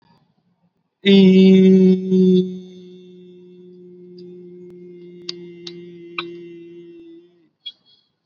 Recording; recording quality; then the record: sustained vowel as in beet; excellent, no background noise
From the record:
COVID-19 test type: RT-PCR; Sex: male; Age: 39 years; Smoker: yes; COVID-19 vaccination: both doses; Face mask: worn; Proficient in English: yes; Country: India